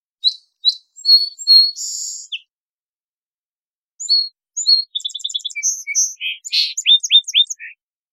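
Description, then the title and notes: Song sparrow delivering two varied songs of crisp introductory notes, a buzzy note, fast trills and short descending chips, separated by a brief silence. Song sparrow in the Pacific Northwest, Washington, United States, with an endless array of song verses; parabolic recording, clean-processed for clarity with natural pace and rhythm kept. "Song Sparrow - Melospiza Melodia - Songs. Recorded in the beautiful Pacific Northwest, Washington, United States"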